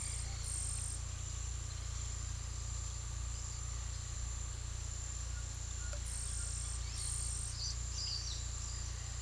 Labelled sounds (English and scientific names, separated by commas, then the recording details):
none
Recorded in pastures near Puerto Asís, Putumayo, Colombia, on 18 December 2024 at 09:30
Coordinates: 0.486, -76.323
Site GP01